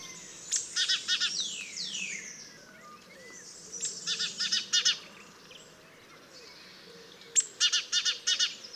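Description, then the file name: Great tit giving three bursts of harsh, buzzy chatter of several notes each, with thin descending whistles between the first two bursts. "Parus major"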